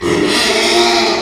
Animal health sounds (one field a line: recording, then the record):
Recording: squeal of a Yucatan mini pig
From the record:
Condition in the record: after surgery on the right vocal fold (resection and tissue-engineered implant)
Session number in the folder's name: 2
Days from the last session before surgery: 13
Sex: male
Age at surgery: 12 weeks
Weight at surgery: 13 kg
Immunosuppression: cyclosporine, prednisolone